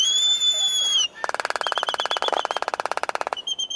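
Laysan Albatross calls: a long steady whistled note, then a rapid clattering series of pulses with a wavering whistle over part of it.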